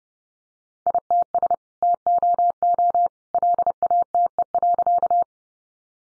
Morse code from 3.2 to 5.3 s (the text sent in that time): LATE.